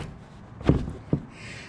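The rear edge of a fiberglass/composite rear quarter panel on a C5 Corvette is pushed to tuck into the back of the rear fender and bumper. A dull thump comes at about 0.7 s, then a single sharp snap at 1.1 s as the panel seats in place.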